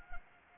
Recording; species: mosquito wingbeat signal from an infrared sensor; Anopheles arabiensis